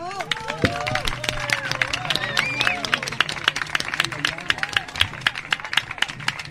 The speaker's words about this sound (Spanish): Y hacen aplauso a